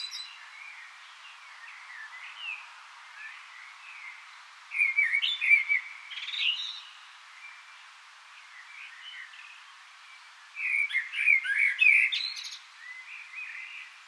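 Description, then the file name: Common blackbird song: two low, fluted warbling phrases, each ending in a squeaky high twitter, separated by quieter soft warbling. "Turdus merula"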